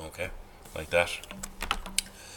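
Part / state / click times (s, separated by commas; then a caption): hook sleeve onto oscilloscope probe tip / seated / 2.0 s. A hook sleeve is pushed onto an oscilloscope probe tip and clicks in place at 1.9 seconds, after a few smaller ticks and scrapes. Someone talks at the start, and the sleeve ends up seated.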